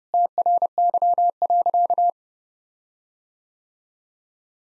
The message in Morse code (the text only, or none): TRY.